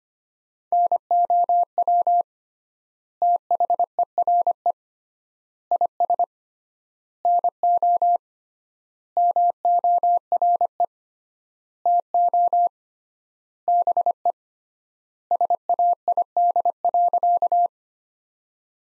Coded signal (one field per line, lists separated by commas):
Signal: Morse code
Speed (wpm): 25 wpm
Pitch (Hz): 700 Hz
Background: none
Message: NOW THERE IS NO MORE TO BE SAID.